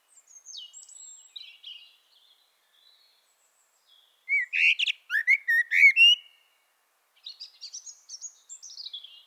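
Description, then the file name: Common blackbird: faint high squeaky notes, then a loud fluted phrase with a twittering flourish, followed by soft thin trilling notes. "Turdus merula"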